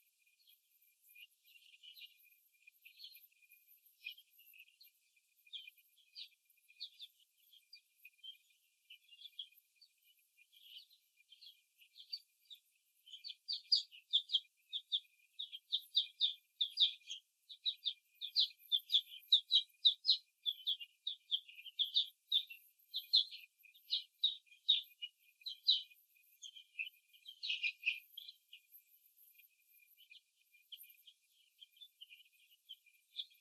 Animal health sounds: young laying hens in a cage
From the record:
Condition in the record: before the stressor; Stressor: simulated dog barking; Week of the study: 2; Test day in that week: 3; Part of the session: 4

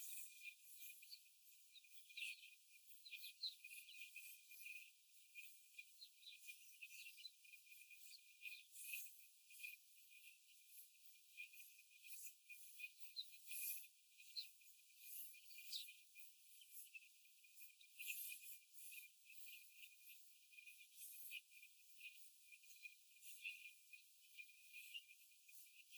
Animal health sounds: young laying hens in a cage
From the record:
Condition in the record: after the stressor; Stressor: simulated dog barking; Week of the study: 4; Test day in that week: 1

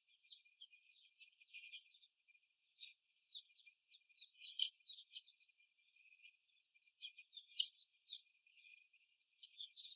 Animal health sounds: young laying hens in a cage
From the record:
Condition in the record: after the stressor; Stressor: simulated dog barking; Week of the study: 1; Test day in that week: 2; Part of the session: 1

